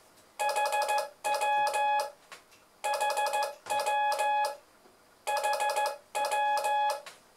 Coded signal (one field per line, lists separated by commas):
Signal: Morse code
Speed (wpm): 14 wpm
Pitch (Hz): 840 Hz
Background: none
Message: HW HW HW